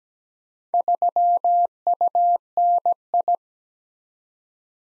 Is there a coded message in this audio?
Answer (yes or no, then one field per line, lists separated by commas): yes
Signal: Morse code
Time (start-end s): 0.7-3.4 s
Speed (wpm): 17 wpm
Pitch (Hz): 700 Hz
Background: none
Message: 3UNI